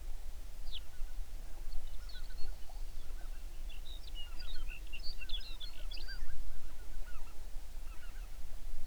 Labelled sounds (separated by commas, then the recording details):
songbird, waterfowl
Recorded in the Prudhoe Bay oil fields, Alaska, on 11 June 2019 at 05:21
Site 21